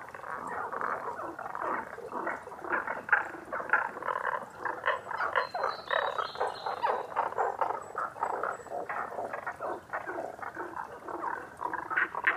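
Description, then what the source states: Tago's brown frog chorus: many overlapping rough croaks pulsing throughout, with a faint thin bird whistle briefly above. Recorded 11 June 2010 at 18:05.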